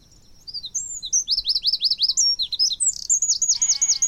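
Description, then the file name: Eurasian wren song: quick runs of piercing high notes in a fast, energetic tumble. A lower, harsh call from another bird enters toward the close. "Troglodytes troglodytes"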